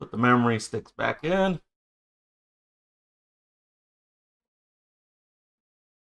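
A person briefly talks, then a memory stick is lined up over a motherboard DIMM slot in near silence before insertion. Nothing has seated or clicked yet.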